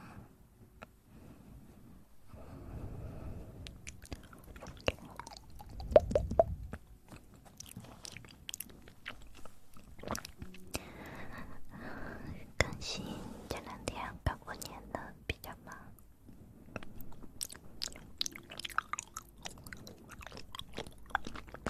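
Mouth sounds of chewing and biting, with wet clicks and small crunches scattered densely throughout. A heavier, lower chomp swells around six seconds, while quick bright snaps cluster near the end.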